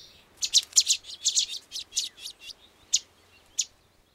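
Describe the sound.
Chestnut-sided warbler song: a quick series of high, sweet chipping notes, then two separated sharp notes trailing off at the end.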